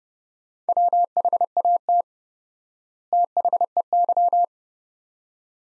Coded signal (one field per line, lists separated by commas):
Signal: Morse code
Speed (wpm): 31 wpm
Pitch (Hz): 700 Hz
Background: none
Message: WHAT THEY